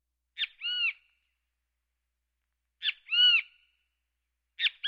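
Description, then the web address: Great kiskadee calling: a sharp clipped note followed by a harsh, arched, harmonic-rich note, repeated three times about two seconds apart against a silent background. "kiskadee flycatcher"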